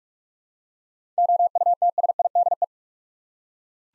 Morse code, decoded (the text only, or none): OUTSIDE